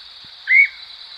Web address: cantos yetagrande